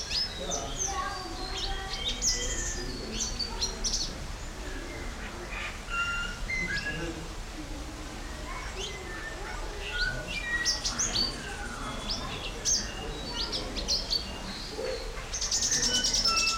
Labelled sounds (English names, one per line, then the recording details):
Pin-tailed Whydah
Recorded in captivity
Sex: male
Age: adult
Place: Zoo Berlin, Berlin, DE
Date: 1994-04-02 11:30
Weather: wolkig bis heiter, 8-10°C
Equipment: Marantz CP 430, Sennheiser ME 80, Kopie Uher Variocord 263
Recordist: Tembrock, Günter